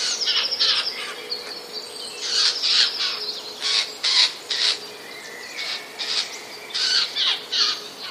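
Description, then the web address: Eurasian jay uttering repeated harsh, scratchy alarm calls at irregular intervals throughout, with faint high thin whistles from other small birds between them. Alarm call, 3 May 2010. "ostrzegator sojka 03 05 2010"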